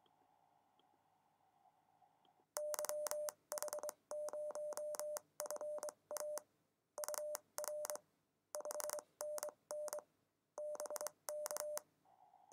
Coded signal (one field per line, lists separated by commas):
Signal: Morse code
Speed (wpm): 23 wpm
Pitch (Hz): 600 Hz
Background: none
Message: YH0FA UR 5NN BK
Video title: CW QSO Simulator App RST599(2)